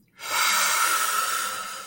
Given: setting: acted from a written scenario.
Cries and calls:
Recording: vocal sound without words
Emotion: ecstasy

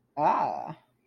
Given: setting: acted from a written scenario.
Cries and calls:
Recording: vocal sound without words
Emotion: interest

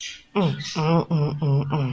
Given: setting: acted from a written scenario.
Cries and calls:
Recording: vocal sound without words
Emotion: contempt

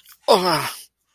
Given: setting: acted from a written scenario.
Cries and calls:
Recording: vocal sound without words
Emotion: pain

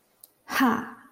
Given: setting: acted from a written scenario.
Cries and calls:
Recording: vocal sound without words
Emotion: triumph

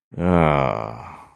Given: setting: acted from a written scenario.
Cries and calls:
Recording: vocal sound without words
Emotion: shame

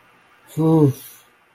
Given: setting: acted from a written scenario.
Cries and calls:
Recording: vocal sound without words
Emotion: relief

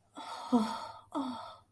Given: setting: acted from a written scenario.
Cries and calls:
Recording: vocal sound without words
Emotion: ecstasy

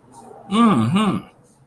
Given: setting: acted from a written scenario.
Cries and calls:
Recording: vocal sound without words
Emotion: interest

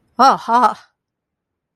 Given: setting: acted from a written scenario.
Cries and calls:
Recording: vocal sound without words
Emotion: pride

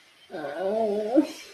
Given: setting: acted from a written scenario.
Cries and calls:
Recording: vocal sound without words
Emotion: guilt

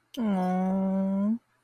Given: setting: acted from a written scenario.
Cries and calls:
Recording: vocal sound without words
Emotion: sympathy

